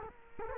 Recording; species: mosquito wingbeat signal from an infrared sensor; Culex quinquefasciatus